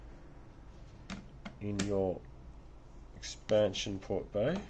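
An accelerator board is handled next to the CPU expansion port bay of an Amiga 1200 computer. Short sharp ticks are heard at about 1.1 and 1.5 seconds while someone talks. Nothing has seated or clicked into the slot yet.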